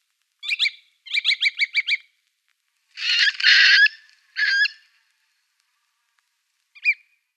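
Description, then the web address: Little curlew calls: a fast run of sharp notes, then a harsher, buzzy burst and a downslurred note, ending with one short call after a pause. "Schulze Peter Little Curlew"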